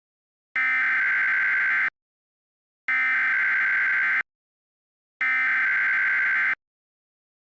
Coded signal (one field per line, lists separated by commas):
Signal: Emergency Alert System (SAME) tones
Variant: header bursts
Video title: EAS Mock Remake: Tornado Emergency